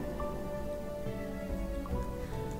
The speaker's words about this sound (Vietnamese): Chỉ có cơn mưa lặng vô tình đáp trả lại tiếng hét của gã.